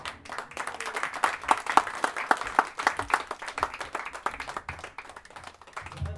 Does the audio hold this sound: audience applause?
yes